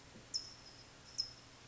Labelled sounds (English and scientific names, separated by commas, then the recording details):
California Towhee (Melozone crissalis)
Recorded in Sonoma County, California